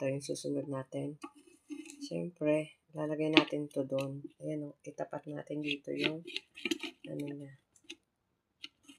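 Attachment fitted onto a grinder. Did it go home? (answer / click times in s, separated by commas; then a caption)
yes / 7.9 s, 8.6 s. Someone talks while lining up a part of an attachment and pushing it onto a grinder. After the talk, light ticking hits sound at 7.9 s and 8.6 s as the attachment is fitted and locks into place.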